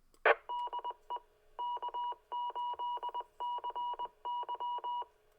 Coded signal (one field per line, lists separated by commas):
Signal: Morse code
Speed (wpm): 21 wpm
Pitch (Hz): 970 Hz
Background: none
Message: E DE K8CY